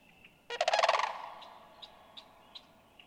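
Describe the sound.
Sandhill crane utters a single loud, throaty, pulsed rattle lasting about half a second, followed by a few faint, short high chirps.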